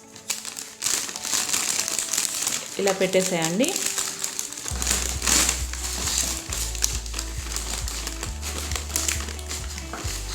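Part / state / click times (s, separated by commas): plastic bag-sealing clip closing over a folded packet / seated / 6.8 s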